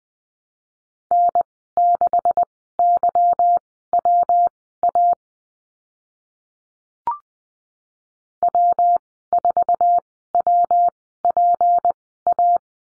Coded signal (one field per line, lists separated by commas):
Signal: Morse code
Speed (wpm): 20 wpm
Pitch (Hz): 700 Hz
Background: none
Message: N6YWA W4WPA